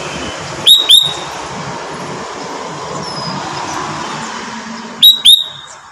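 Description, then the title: Sooty-headed bulbul calling, two quick sharp slurred notes, a pause of about four seconds, then another similar pair, over a steady traffic rumble. "Kutilang"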